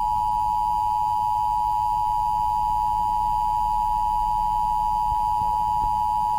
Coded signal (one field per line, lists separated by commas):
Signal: Emergency Alert System (SAME) tones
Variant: 853 and 960 Hz attention tone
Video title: EAS Scenario - A-120 (Season 2 Finale)